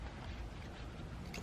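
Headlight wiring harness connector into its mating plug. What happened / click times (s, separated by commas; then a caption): Handled, not yet home: the connector is being lined up but has not clicked in / none. A plastic headlight wiring harness connector on a 2017 Jeep Renegade is handled and pushed toward its mating plug, with its prongs being lined up, making a steady rustling, rumbling handling noise throughout. A brief, sharper bright sound comes at 1.3 s, but nothing has seated or clicked in yet when the clip ends.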